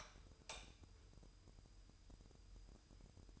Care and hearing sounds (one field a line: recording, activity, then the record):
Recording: daily activity, microphone in the room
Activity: light on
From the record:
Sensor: 2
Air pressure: 988.3 hPa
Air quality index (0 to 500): 190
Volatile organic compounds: 180 ppm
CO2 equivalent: 4145 ppm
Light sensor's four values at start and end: 6/16/6/7 and 11/34/13/14